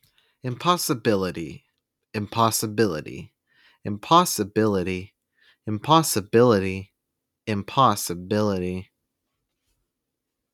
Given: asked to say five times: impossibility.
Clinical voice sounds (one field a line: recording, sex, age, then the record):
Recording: repeated word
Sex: male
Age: 20 to 29 years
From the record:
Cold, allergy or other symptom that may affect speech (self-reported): no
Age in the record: 27 years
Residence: Georgia, United States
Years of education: 12